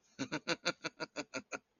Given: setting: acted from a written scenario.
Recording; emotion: vocal sound without words; amusement